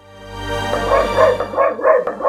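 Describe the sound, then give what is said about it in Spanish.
A female dog gives a quick run of three or four sharp, mid-pitched barks in a steady rhythm, fairly loud, over a low steady hum with no talking. “Ah, es mi perra, joder.”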